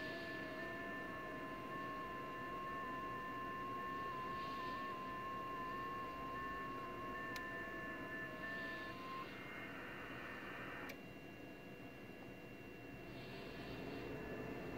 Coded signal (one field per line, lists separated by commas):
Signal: FT8